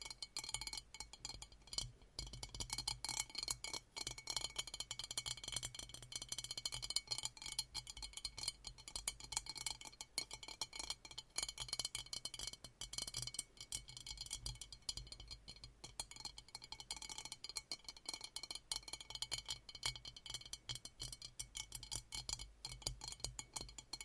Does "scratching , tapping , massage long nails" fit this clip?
yes